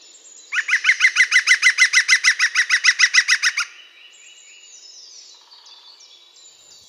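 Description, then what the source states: Green woodpecker giving a long, even laughing series of many loud ringing notes. Calls loudly and very readily; far from silent.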